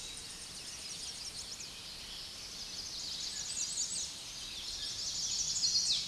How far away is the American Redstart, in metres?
about 70 m